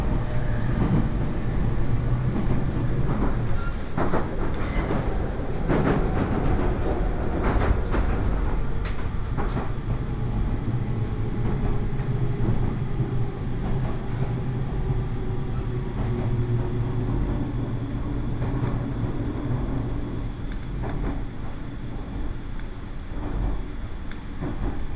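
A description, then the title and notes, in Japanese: A train rolls steadily along the line, its deep, constant rumble filling the car with a low hum. Frequent knocks and clacks from the wheels and joints break through every second or so, while a faint high whine fades out in the first few seconds. 耳で楽しむ鉄道旅 飯田線 三河槇原→新城。トンネル区間ばかりだったのも終わって、高台を走ったり国道１５１号線と並走しながら新城へと向かっていきます。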